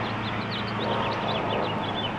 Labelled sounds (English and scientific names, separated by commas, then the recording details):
House Finch (Haemorhous mexicanus) song
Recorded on Long Island, New York, on 21 April 2011
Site PW
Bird A